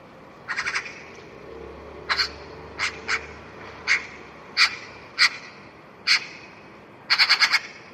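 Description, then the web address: Bird uttering short harsh notes, a rapid stuttered burst at the start, then single notes under a second apart and a fast rattled series to close. "cianscape birddata Deverinetal 2025 File origin Bird Only"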